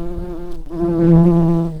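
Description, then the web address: Early bumblebee buzzing: a steady low hum with rich harmonics, briefly broken early on, then swelling louder before easing. Queen bumblebees. "bumblebees Pratorum-queens"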